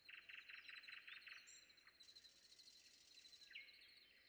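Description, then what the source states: Common nightingale song: a fast run of repeated rich notes, then a high whistle and scattered chirps, over a steady high buzzing tone. Recorded before dawn.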